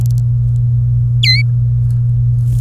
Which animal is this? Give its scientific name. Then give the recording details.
Serinus canaria. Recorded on 24 April 2018 at 10:50. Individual llb3